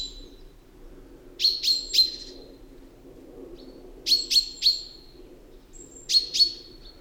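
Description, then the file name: Common chaffinch calls: three short bursts of two or three sharp high chips, each chip with a trailing tone, spaced a couple of seconds apart over a soft low rumble. "Fringilla coelebs"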